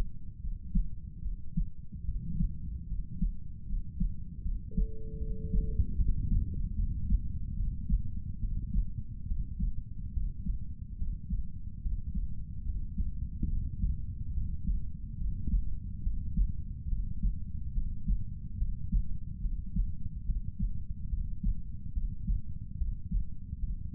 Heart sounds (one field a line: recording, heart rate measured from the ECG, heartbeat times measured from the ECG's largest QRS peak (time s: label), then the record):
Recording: heart sounds by stethoscope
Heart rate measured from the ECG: 72 bpm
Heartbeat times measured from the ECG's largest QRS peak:
0.41 s: heartbeat
1.22 s: heartbeat
2.06 s: heartbeat
2.88 s: heartbeat
3.67 s: heartbeat
4.43 s: heartbeat
5.18 s: heartbeat
5.97 s: heartbeat
6.75 s: heartbeat
7.55 s: heartbeat
8.40 s: heartbeat
9.27 s: heartbeat
10.13 s: heartbeat
10.97 s: heartbeat
11.81 s: heartbeat
12.64 s: heartbeat
13.48 s: heartbeat
14.33 s: heartbeat
15.17 s: heartbeat
16.02 s: heartbeat
16.88 s: heartbeat
17.73 s: heartbeat
18.57 s: heartbeat
19.41 s: heartbeat
20.25 s: heartbeat
21.09 s: heartbeat
21.93 s: heartbeat
22.77 s: heartbeat
23.59 s: heartbeat
From the record:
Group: healthy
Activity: rest 0-5 s, breath hold 5-24 s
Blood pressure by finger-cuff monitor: 110/64 mmHg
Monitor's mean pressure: 74 mmHg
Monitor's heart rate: 71 bpm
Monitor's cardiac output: 7.3 L/min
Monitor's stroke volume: 100 mL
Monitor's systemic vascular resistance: 750 dyn s/cm5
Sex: male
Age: 35 years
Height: 180 cm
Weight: 86.9 kg